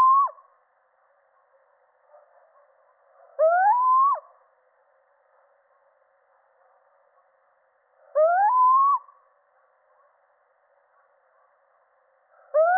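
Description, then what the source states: Little owl calling repeatedly: the end of one hoot, then three more rising, whining notes roughly every four to five seconds, over a faint steady background hiss. Male.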